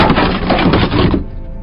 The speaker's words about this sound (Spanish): Más tarde llamaron a ese piso a oscuras y por último un policía forzó la puerta.